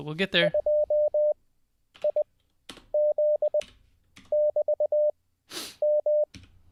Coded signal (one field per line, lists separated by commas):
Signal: Morse code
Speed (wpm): 20 wpm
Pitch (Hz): 600 Hz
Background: speech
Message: 2IZ<BT>M